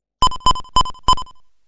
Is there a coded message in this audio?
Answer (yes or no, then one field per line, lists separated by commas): no